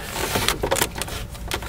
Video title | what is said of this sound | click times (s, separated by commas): How To Replace The Ignition Coil On A GMC Safari Or Astro Van | Just push it down so that the connector snaps into place there. | 0.5 s